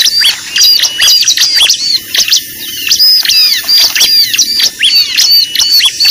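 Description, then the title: Lovebird calls, sharp rising and falling squeaky notes and clicks in quick irregular bursts. Lure recording (pikat) used to attract lovebirds. "PIKAT BURUNG LOVEBIRD"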